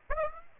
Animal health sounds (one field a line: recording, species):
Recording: mosquito wingbeat signal from an infrared sensor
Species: Aedes aegypti